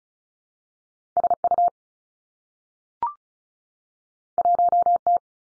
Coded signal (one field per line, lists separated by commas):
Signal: Morse code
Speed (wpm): 36 wpm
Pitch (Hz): 700 Hz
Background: none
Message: S U 1 T